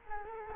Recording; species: mosquito wingbeat signal from an infrared sensor; Culex quinquefasciatus